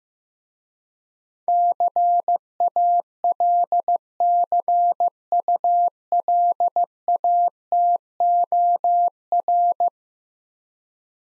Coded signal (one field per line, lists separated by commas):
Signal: Morse code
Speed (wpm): 15 wpm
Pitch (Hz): 700 Hz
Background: none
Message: CALCULATOR